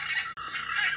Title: Arara azul